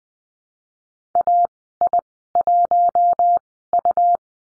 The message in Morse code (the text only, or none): AI1U